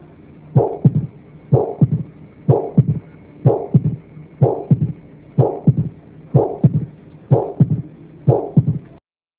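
Steady adult heartbeat at about 62 beats a minute, with a murmur filling mid-systole and a dull low sound plus rumble after the second heart sound: a mid-systolic murmur, a third heart sound and a diastolic rumble.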